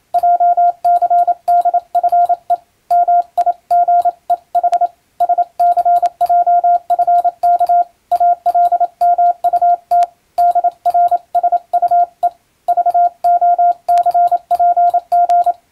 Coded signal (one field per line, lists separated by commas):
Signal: Morse code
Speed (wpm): 27 wpm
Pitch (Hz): 700 Hz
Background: radio noise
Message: JCDFE MIGEH SCJFK ALMUT DRSUE VOCPG